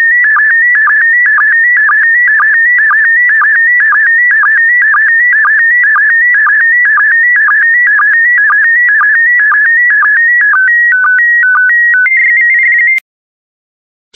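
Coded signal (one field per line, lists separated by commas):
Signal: SSTV (slow-scan television)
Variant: PD120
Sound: warbling electronic tone stepping between pitches, with rhythmic low blips about twice a second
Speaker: Get ready. Starting transmission in 5, 4, 3, 2, 1. Transmission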